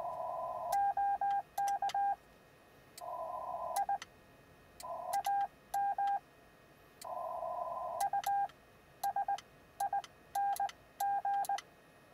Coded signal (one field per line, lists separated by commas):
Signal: Morse code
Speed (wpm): 20 wpm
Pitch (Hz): 800 Hz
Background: none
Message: OK I AM USING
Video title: Successful QRP Contacts with 5 Watts in the Field